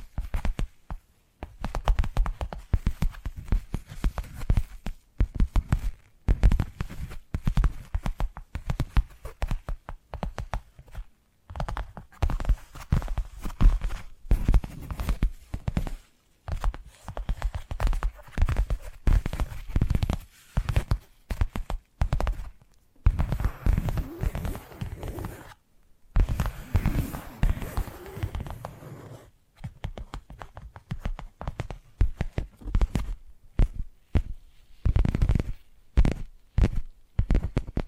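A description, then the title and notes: Rapid tapping triggers fill the clip in dense, irregular bursts of dull, low knocks with brighter clicks on top, broken by brief silences. Around 23 to 29 seconds the texture shifts to a softer, more continuous scratching rustle before the quick tapping returns. ASMR 10 Addictive Tapping Triggers. (No Talking).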